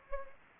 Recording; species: mosquito wingbeat signal from an infrared sensor; Anopheles gambiae